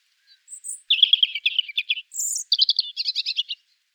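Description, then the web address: European Robin singing two rapid, high-pitched phrases, each starting with a thin whistle and running into fast, jangling trills, with a short gap between them. "erithacus rubecula call"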